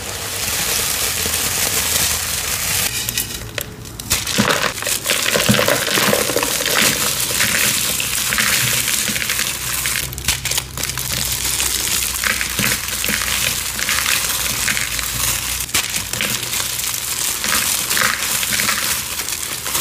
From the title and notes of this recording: Confetti Overload Series!